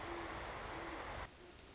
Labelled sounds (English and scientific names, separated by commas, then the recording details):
Great Horned Owl (Bubo virginianus)
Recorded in Sonoma County, California